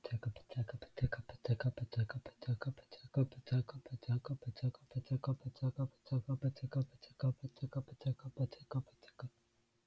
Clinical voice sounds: repeated syllables /pa ta ka/; male; 18 to 19 years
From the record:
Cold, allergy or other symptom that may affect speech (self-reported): no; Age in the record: 19 years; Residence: Florida, United States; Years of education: 13

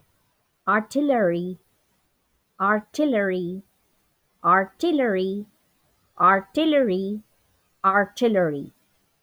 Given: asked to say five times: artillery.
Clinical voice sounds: repeated word; female; 40 to 49 years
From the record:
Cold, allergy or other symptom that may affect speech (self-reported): no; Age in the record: 45 years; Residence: New York, United States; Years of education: 17

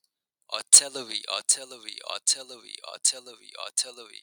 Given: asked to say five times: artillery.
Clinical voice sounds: repeated word; male; 20 to 29 years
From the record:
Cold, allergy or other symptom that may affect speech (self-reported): no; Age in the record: 28 years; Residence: New York, United States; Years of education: 16

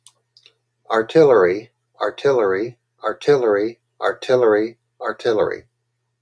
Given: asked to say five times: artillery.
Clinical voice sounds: repeated word; male; 50 to 59 years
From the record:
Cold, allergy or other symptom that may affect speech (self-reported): no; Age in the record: 52 years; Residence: Georgia, United States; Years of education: 14

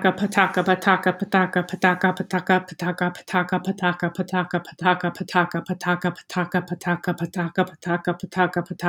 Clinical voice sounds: repeated syllables /pa ta ka/; female; 30 to 39 years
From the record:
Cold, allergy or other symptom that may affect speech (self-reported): no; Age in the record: 33 years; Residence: New York, United States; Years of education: 19

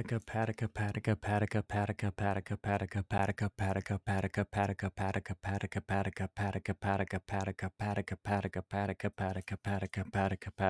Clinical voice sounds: repeated syllables /pa ta ka/; male; 30 to 39 years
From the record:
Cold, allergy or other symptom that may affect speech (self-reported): no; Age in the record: 34 years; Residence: Pennsylvania, United States

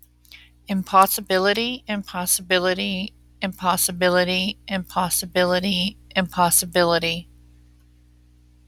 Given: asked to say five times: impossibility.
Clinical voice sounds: repeated word; female; 30 to 39 years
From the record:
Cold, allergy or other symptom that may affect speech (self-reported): no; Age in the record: 37 years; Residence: Kansas, United States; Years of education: 13

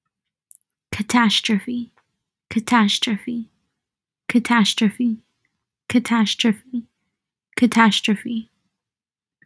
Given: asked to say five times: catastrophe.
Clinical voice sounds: repeated word; female; 20 to 29 years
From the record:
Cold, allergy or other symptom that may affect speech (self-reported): no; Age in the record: 22 years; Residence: Oklahoma, United States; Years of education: 14

